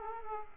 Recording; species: mosquito wingbeat signal from an infrared sensor; Aedes aegypti